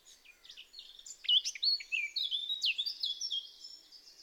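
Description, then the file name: Eurasian blackcap song starting with soft scratchy twitters, then building into louder, clearer fluting notes and quick warbled slurs that run to the end. "Sylvia atricapilla"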